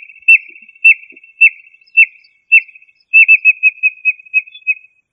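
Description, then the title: Quail calling with clear high whistles, each followed by a fluttering buzz, spaced about every half second, then quickening into a faster run of shorter notes. "Familia Tinamidae - Quail - Puyuh"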